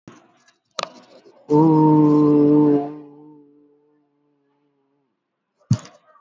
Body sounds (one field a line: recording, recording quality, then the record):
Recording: sustained vowel as in boot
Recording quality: moderate, slight background noise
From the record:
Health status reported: healthy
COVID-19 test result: negative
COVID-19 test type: RT-PCR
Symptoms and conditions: cough, cold, fever, fatigue, loss of smell and taste, hypertension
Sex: male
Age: 42 years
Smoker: no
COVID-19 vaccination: one dose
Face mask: worn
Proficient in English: yes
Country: India